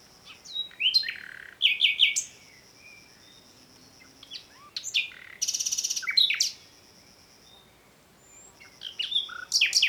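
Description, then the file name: Common nightingale singing varied phrases: slurred whistles, clusters of sharp chirps, and a loud, harsh, rapidly pulsed buzz, with faint high whistles in between. "Luscinia megarhynchos"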